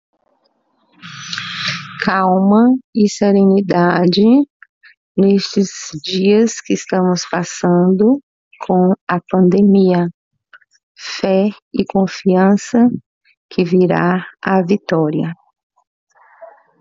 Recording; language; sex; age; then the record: short text; Brazilian Portuguese; female; 60 to 69 years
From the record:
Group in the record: control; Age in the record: 63 years